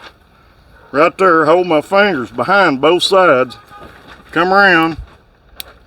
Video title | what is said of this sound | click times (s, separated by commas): May 1, 2021 | hear it snap, | 5.6 s